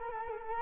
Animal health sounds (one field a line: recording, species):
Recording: mosquito wingbeat signal from an infrared sensor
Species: Culex quinquefasciatus